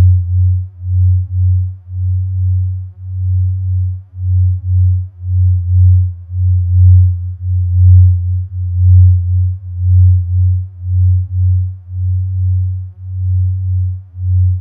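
Binaural beats: a deep, low hum that pulses steadily, swelling and dipping about twice a second throughout. The throbbing grows a little fuller in the middle before settling back, with only faint higher tones above and nothing else in the background.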